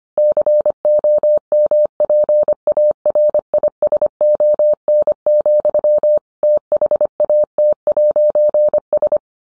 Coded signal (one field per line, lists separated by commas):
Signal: Morse code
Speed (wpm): 25 wpm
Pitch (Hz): 600 Hz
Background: none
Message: COMPARISON, THAT'S